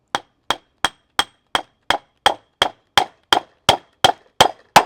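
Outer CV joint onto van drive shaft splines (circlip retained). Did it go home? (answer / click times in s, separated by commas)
no / none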